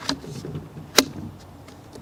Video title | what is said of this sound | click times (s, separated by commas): Echo PB-2520 handheld leaf blower Unboxing Setup Review | We're going to push the tube into the housing until it snaps into place. | 1.0 s